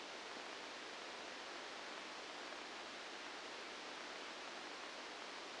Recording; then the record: brain microelectrode recording played as sound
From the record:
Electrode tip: outside the subthalamic nucleus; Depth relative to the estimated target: -8 mm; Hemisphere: right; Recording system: NeuroSet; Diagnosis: Parkinson's disease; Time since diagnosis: 9 years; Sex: female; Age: 51 years